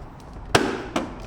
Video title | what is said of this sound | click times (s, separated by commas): การประกอบรถไฟฟ้า NWOW รุ่นGC10 | 2ด้านนะครับยื่นก็จะเป็นรูตรงนี้ครับใส่เข้าไปครับแล้วก็กดให้มันเข้าล็อค | 0.5 s